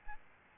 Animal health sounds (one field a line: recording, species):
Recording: mosquito wingbeat signal from an infrared sensor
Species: Aedes albopictus